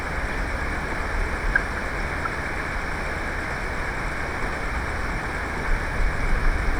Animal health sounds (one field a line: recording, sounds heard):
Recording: poultry house recording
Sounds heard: healthy chickens